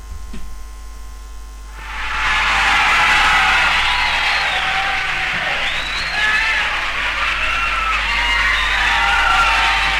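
A live concert crowd suddenly erupts after a second or two of low hum, breaking into loud, sustained high-pitched screaming and shouting that keeps going without a break.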